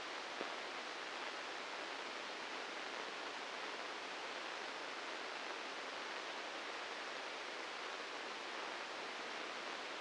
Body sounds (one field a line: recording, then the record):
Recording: brain microelectrode recording played as sound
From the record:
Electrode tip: inside the subthalamic nucleus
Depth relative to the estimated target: -2 mm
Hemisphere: right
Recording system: NeuroSet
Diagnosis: Parkinson's disease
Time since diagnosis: 8 years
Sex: male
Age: 59 years